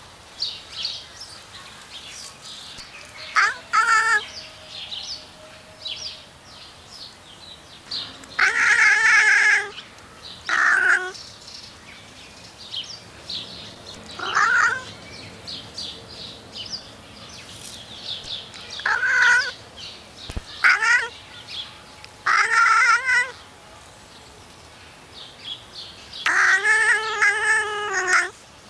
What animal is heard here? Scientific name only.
Felis silvestris